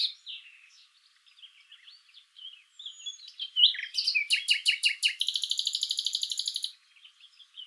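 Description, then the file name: Common nightingale beginning with soft varied notes, then building to loud repeated chirps and a long, even, rapid rattle before fading into quiet notes. "Luscinia megarhynchos"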